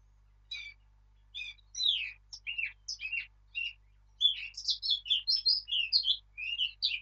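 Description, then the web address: Eurasian blackcap singing, scratchy chattering notes building into a louder, fluty, quickly varied warble toward the end; steady low electrical hum underneath. "birdsong Sylvia atricapilla"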